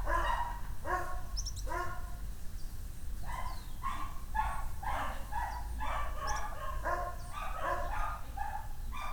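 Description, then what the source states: Dog barking repeatedly in quick, uneven barks over a steady low background rumble. Dogs barking on the Escalera Morrison stairway in Valparaíso; recorded with a Tascam DR-100mk II.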